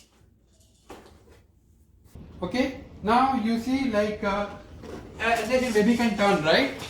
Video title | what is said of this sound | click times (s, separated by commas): Assembly and Review of Cosco Jump, Spin and Play Activity Center | so just put it inside make sure it clicks | 0.9 s